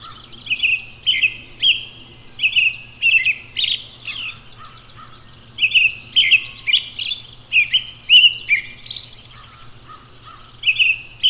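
Robin song in bursts of quick chirping and whistled phrases, some slurred downward, broken by short gaps; a low steady hum persists throughout.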